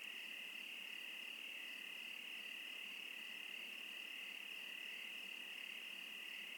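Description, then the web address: Crickets chirping in a dense, steady high-pitched chorus that runs without a break, a shimmering continuous trill with no other clear sounds. Crickets in the Oregon wilderness. "Discover Oregon - Wilderness Crickets Crickets 17-Crickets Interlude"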